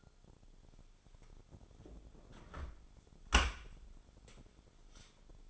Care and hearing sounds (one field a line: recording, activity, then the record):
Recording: daily activity, microphone in the room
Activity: close dishwasher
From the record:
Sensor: 5